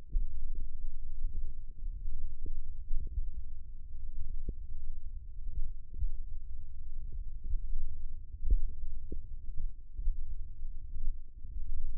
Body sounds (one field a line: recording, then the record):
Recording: forearm muscle sounds (acoustic myography)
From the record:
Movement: tripod grip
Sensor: system 1, eight BSWA MPA416 microphones around the upper forearm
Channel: 6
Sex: male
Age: 20 years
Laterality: left